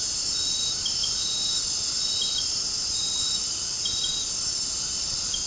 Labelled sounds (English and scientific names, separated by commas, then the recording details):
none
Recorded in dense forest near Puerto Asís, Putumayo, Colombia, on 12 March 2025 at 20:00
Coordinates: 0.467, -76.328
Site G041